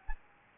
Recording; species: mosquito wingbeat signal from an infrared sensor; Anopheles gambiae